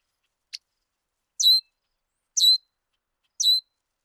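Bird calling with three short, bright chirps spaced about a second apart, following a single sharp click.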